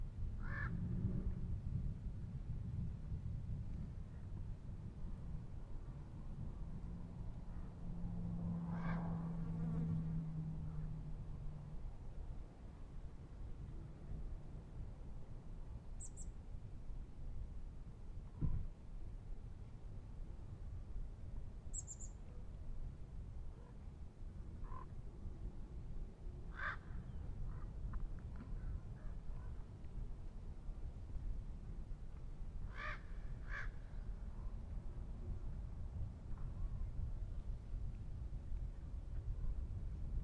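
An outdoor field recording from Manzanita Barren in Montclair, CA, with a steady low rumble like traffic underneath throughout. Short, high bird chirps come every few seconds, and a brief droning hum rises around 8–11 seconds, with a sharp tap near 18 seconds.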